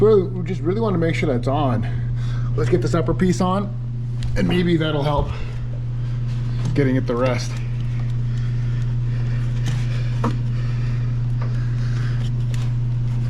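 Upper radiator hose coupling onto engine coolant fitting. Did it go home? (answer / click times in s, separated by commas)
no / none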